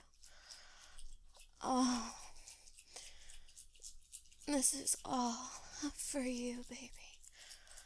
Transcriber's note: whispers